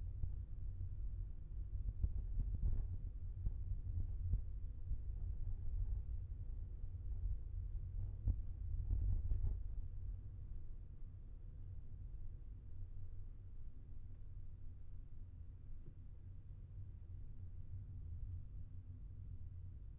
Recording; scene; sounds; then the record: everyday scene through a hearing-aid microphone; in a vehicle; engine, rumble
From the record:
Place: Skoda Fabia, gasoline engine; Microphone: behind the ear, left, rear